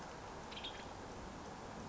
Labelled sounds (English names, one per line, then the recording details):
Western Tanager
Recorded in Sonoma County, California